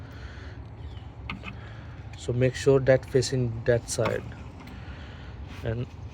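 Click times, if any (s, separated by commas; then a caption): none. A new ignition coil is handled over the spark plug well of a 2011 BMW 323i RWD (E90/E91/E92/E93) engine, turned to face the correct side before it goes in. Someone talks, and a couple of brief knocks are heard around 1.3 s and 1.5 s. Nothing has seated or clicked yet.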